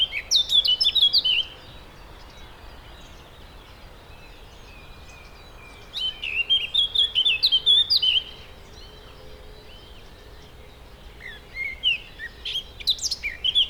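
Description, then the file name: Eurasian blackcap repeating short warbled phrases, each a quick tumble of chirps and whistles, separated by pauses of several seconds. "Sylvia atricapilla"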